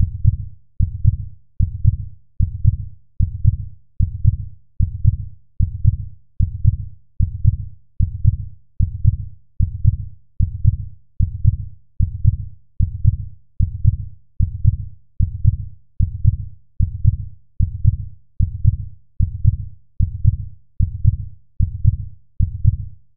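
Steady, deep low-pitched thumps of an adult heartbeat repeat in an even rhythm at about 75 beats a minute, each a quick double-beat pulse that fades before the next. It is a regular heartbeat with no other sound in the background.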